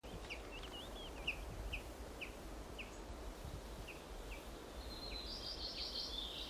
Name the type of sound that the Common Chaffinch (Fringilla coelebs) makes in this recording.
call